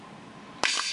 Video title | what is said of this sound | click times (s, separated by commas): Auvi-Q 0.1 mg Epinephrine Auto-injector Firing Demo | Then push firmly until you hear a click and hiss sound and hold in place for 2 seconds. | 0.7 s